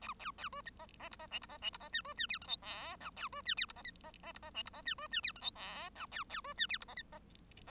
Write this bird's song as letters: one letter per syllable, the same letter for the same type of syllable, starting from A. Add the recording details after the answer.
A A A B C D D E D F E D F E D G B G H I J K L A B G H E D C D D E D F E D G B G H I J K L A A B G H E D C D. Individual Bird1